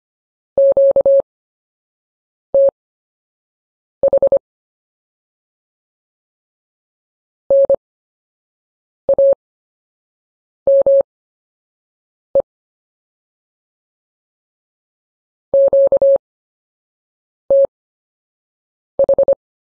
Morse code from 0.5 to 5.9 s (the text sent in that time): QTH